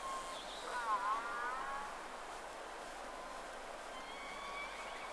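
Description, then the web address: Whale calls: wavering tonal whistles with stacked harmonics early on, then a thin rising whistle near the end, over steady hiss. 3 October 2006; two whales noted. "Sea Snake 10-3-06 Whales X 2 11-30"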